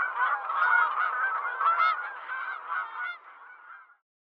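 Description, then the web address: Goose: wild geese calls: a chorus of many overlapping nasal honks that gradually fade away, ending in silence. Wild geese calling in flight. "les sons des oies sauvages en vol"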